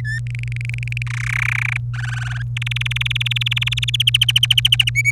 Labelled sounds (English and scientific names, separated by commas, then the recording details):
Domestic Canary (Serinus canaria) song
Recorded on 26 April 2018 at 17:50
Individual llb3